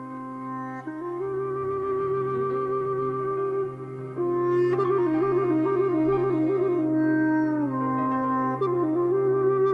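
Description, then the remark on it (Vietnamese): A bamboo flute plays a forest-themed tune in a park: a slow melody of long, sustained notes that waver and slide gently between pitches, with a steady tone held underneath. It sounds loud and continuous, and no one speaks. “Tiếng sáo vang vọng khắp cả công viên, nghe như là tiếng của đại ngàn văng vẳng bên tai vậy.”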